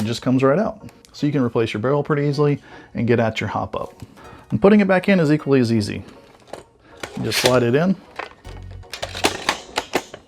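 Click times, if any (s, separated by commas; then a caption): none. Someone talks while the barrel assembly of an ASG Steyr AUG A2 bullpup airsoft AEG is slid back into the receiver, with short sharp handling knocks between about 6.5 and 10 s. The barrel assembly has not been pivoted down, and nothing has seated or clicked yet.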